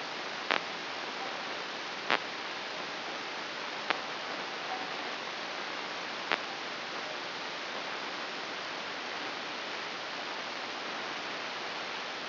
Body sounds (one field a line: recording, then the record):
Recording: brain microelectrode recording played as sound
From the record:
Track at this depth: inside the subthalamic nucleus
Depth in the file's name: 5.735 mm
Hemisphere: right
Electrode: 2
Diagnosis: Parkinson's disease